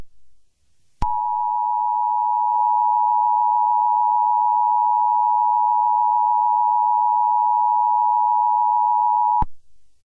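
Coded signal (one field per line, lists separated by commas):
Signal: Emergency Alert System (SAME) tones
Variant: 853 and 960 Hz attention tone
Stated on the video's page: Fictional EAS scenario, not a real alert.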